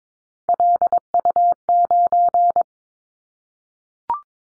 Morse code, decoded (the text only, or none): LU9